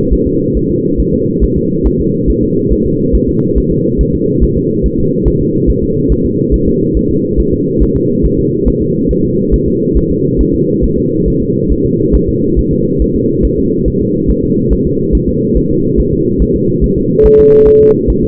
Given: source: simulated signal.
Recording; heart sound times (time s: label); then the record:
fetal heart sounds
0.13 s: S1
0.27 s: S2
0.57 s: S1
0.71 s: S2
1.00 s: S1
1.14 s: S2
1.44 s: S1
1.57 s: S2
1.87 s: S1
2.01 s: S2
2.30 s: S1
2.43 s: S2
2.73 s: S1
2.86 s: S2
3.15 s: S1
3.29 s: S2
3.58 s: S1
3.72 s: S2
4.01 s: S1
4.15 s: S2
4.43 s: S1
4.57 s: S2
4.86 s: S1
4.99 s: S2
5.28 s: S1
5.41 s: S2
5.70 s: S1
5.84 s: S2
6.12 s: S1
6.26 s: S2
6.54 s: S1
6.68 s: S2
6.97 s: S1
7.11 s: S2
7.40 s: S1
7.54 s: S2
7.83 s: S1
7.96 s: S2
8.25 s: S1
8.39 s: S2
8.68 s: S1
8.82 s: S2
9.11 s: S1
9.25 s: S2
9.54 s: S1
9.68 s: S2
9.97 s: S1
10.11 s: S2
10.41 s: S1
10.55 s: S2
10.84 s: S1
10.98 s: S2
11.28 s: S1
11.42 s: S2
11.72 s: S1
11.85 s: S2
12.15 s: S1
12.29 s: S2
12.59 s: S1
12.73 s: S2
13.02 s: S1
13.16 s: S2
13.45 s: S1
13.59 s: S2
13.88 s: S1
14.02 s: S2
14.30 s: S1
14.44 s: S2
14.73 s: S1
14.87 s: S2
15.15 s: S1
15.29 s: S2
15.57 s: S1
15.71 s: S2
16.00 s: S1
16.13 s: S2
16.42 s: S1
16.56 s: S2
16.84 s: S1
16.98 s: S2
17.26 s: S1
17.40 s: S2
17.68 s: S1
17.82 s: S2
18.10 s: S1
18.24 s: S2
From the record:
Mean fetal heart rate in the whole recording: 140 bpm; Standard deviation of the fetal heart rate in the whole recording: 2 bpm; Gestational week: 34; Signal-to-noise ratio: -11.2 dB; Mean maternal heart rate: 72 bpm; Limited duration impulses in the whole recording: present